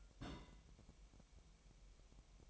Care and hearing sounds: daily activity, microphone in the room; place on stove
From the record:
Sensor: 1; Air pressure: 1002.0 hPa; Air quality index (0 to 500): 247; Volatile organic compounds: 52 ppm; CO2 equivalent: 3318 ppm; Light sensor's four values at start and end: 6/13/5/6 and 6/13/5/6

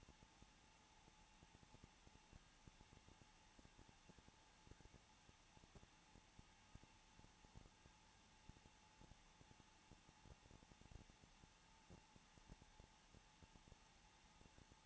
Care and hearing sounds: daily activity, microphone in the room; no activity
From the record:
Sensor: 1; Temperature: 20.2 degrees Celsius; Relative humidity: 35.7%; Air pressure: 994.5 hPa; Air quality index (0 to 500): 182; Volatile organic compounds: 7 ppm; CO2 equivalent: 1995 ppm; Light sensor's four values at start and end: 1/2/1/1 and 1/2/1/1

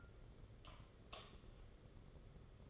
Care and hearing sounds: daily activity, microphone in the room; light off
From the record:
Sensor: 4

